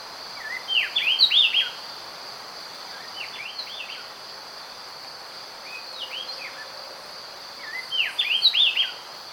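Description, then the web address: Speckle-breasted wren giving clear bursts of swooping whistled notes, quieter phrases in between, against a continuous high-pitched insect hum. Recorded in Ecuador. "S America Birds of Ecuador. Speckle-breasted Wren"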